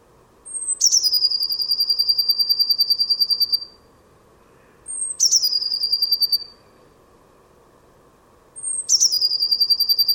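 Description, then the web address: Bird call: a thin high note slurring downward into a long, rapid, buzzy trill, given three times, the last cut off, over a steady background hum. "cianscape birddata Deverinetal 2025 Bird Only Cy Ca"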